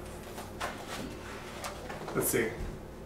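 A pistol is handled and pushed down into an Urban Carry G3 leather deep-concealment holster, with its trigger guard heading toward the holster's retention clip. Someone talks over soft rustling and handling sounds. Nothing has seated or clicked yet.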